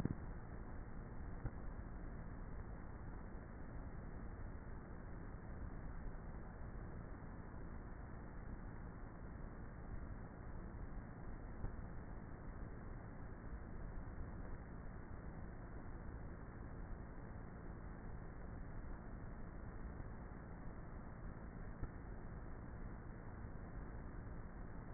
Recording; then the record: honeybee colony, microphone inside the hive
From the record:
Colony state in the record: queenless with a low population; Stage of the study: before two queens were removed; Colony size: about 30,000 bees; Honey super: no